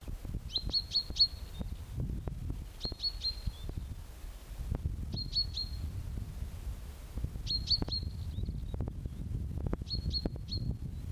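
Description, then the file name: Common chaffinch calling in short bursts of three or four sharp high notes, repeated at regular intervals, over low rumbling noise and scattered clicks. "Fringilla coelebs"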